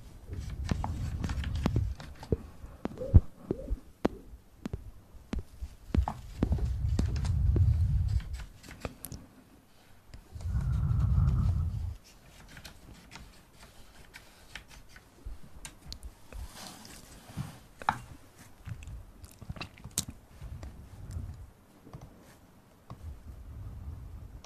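Mouth sounds with inaudible whispering: wet clicks, smacks and soft breathy murmurs come in irregular clusters throughout. Low rumbling bursts swell around 0–2, 6–8 and 10–12 seconds, then the sounds turn sparser and quieter, with scattered sharp ticks.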